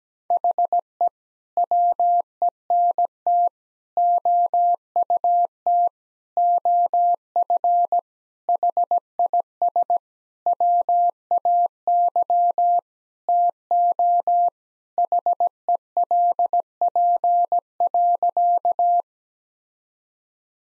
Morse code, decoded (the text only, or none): HE WENT OUT OF HIS WAY TO HELP.